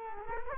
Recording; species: mosquito wingbeat signal from an infrared sensor; Culex quinquefasciatus